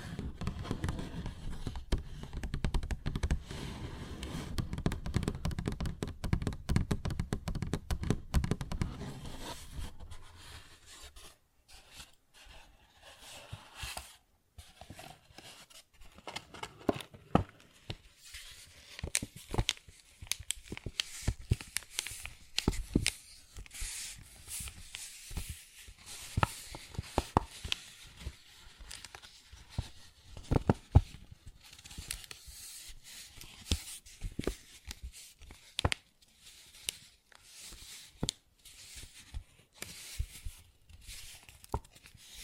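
Paper bag being handled, starting with about ten seconds of dense, low rustling and crumpling. After that it thins out into sparse, irregular taps and short scratches with brief gaps of near silence between them, some clicks sharper and brighter than others.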